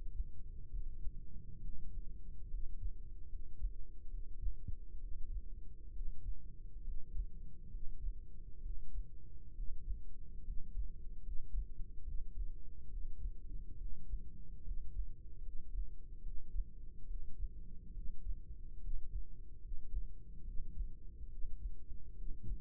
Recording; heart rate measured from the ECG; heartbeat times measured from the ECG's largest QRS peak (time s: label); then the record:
heart sounds by microphone in the right ear; 70 bpm
0.69 s: heartbeat
1.60 s: heartbeat
2.49 s: heartbeat
3.28 s: heartbeat
4.09 s: heartbeat
4.99 s: heartbeat
5.91 s: heartbeat
6.82 s: heartbeat
7.69 s: heartbeat
8.60 s: heartbeat
9.53 s: heartbeat
10.42 s: heartbeat
11.21 s: heartbeat
12.03 s: heartbeat
12.88 s: heartbeat
13.76 s: heartbeat
14.62 s: heartbeat
15.41 s: heartbeat
16.21 s: heartbeat
17.05 s: heartbeat
17.92 s: heartbeat
18.79 s: heartbeat
19.59 s: heartbeat
20.42 s: heartbeat
21.27 s: heartbeat
22.13 s: heartbeat
From the record:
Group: healthy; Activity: rest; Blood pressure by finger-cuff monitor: 117/68 mmHg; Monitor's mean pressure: 80 mmHg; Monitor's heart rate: 69 bpm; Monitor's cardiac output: 5.2 L/min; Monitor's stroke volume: 72 mL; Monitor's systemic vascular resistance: 1120 dyn s/cm5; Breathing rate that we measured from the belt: 15 breaths a minute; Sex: male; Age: 20 years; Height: 167 cm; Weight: 61 kg